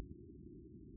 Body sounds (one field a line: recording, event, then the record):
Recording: neck accelerometer signal played as sound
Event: no cough (speech, laughter, throat clearing or background)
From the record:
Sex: male